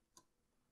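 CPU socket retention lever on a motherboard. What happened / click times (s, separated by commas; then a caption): The metal retention lever latched into place / 0.2 s. The metal retention lever of a CPU socket on a motherboard is lowered after the CPU is seated and latches with a single sharp click at 0.2 s. The lever locks in place, with only faint background noise around it.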